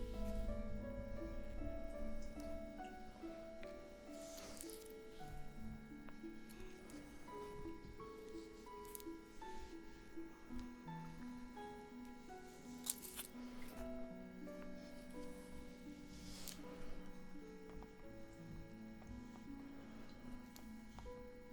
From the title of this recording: Aromatherapy Oil Spa Roleplay (Face & Scalp Massage)